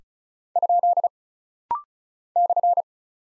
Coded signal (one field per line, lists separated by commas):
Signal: Morse code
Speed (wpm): 36 wpm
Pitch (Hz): 700 Hz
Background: none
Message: ? /